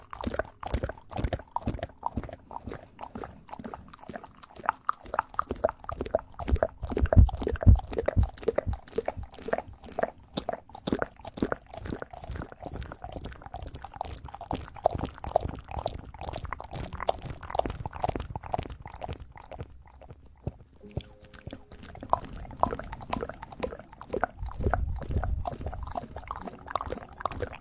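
Eating sugar with aloe vera gel as an ear massage: dense, rapid crunching and sticky squelching ticks fire almost continuously for the whole 28 seconds. Low thumps stand out around 7 to 8 seconds. Near 20 seconds the clicks briefly thin out, then return with softer, muffled rubbing.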